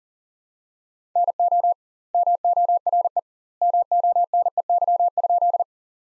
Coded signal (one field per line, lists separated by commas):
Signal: Morse code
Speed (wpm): 40 wpm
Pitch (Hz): 700 Hz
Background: none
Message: NO MORE MONEY?